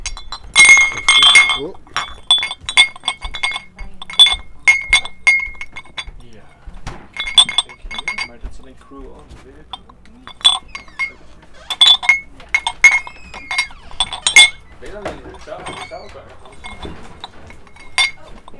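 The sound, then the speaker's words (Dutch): Dishes and glasses clink and rattle together in irregular bursts as they are carried away in a kitchen, bright ringing chinks repeating over about eighteen seconds, with some brief talking mixed in. “We zijn nu in de keuken. Even de afwas wegbrengen.”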